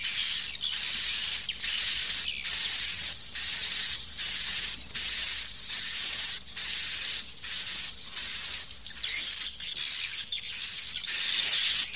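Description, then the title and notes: Swiftlets chirping, high buzzy twitters in quick pulses nearly twice a second, forming a dense steady chorus with a faint whistled tone above. Recorded in connection with swiftlet farming in Asia. "Swiflet Bird Sound. Farming Swiflet Bird asia sound"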